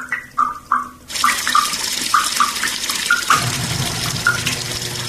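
A few bright, hollow drips plink alone, then a tap is turned on and water gushes in a steady, hissing stream while a few more watery plinks sound through it.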